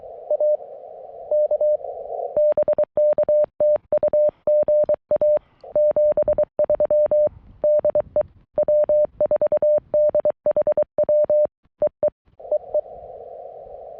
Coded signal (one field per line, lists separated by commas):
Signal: Morse code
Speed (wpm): 23 wpm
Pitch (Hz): 590 Hz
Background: none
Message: AK BK TU GA 73 DE W4DHW EE EE